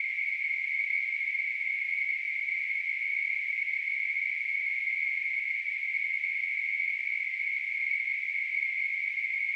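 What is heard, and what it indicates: A steady, unbroken high-pitched hiss centred around 2 kHz plays at an even level for about ten seconds, with no low sounds. It is a simulation of tinnitus, the constant ringing or hissing a person hears without an outside source.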